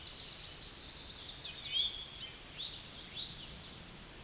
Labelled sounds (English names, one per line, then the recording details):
Eastern Towhee song
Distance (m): 40 m
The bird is about 5 m below the microphone
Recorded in a Pennsylvania forest on 16 May 2024 at 07:17
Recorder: AudioMoth, point MSD-2453
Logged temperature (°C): 16.3 °C
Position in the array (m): 247 m, 167 m